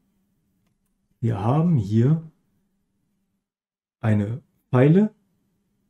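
A folding file on a metal multitool is being handled, with someone talking in three short bursts and near silence in between. Nothing has seated or clicked yet; the file has not locked open by the end of the clip.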